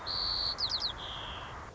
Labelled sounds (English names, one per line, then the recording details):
White-crowned Sparrow
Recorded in Sonoma County, California